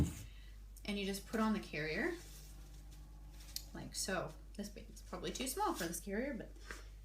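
A plastic side buckle on a Baby Bjorn Carrier One Outdoors baby carrier is being handled near its receiver while someone talks, with a few brief handling sounds in the background. Nothing has seated or clicked yet.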